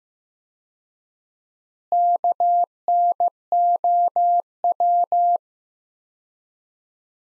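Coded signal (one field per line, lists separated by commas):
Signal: Morse code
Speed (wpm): 15 wpm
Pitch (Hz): 700 Hz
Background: none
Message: KNOW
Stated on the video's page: Practice sets of four words at 15 wpm with 4x word spacing, Farnsworth-like; each sent in Morse, spoken, then sent again.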